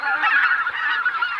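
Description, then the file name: Greater white-fronted goose: greater white-fronted geese calling as a flock, a dense continuous chorus of high yelping honks overlapping without pause. Flock of greater white-fronted geese, chatter recording used as a hunting lure. "Белолобый базар"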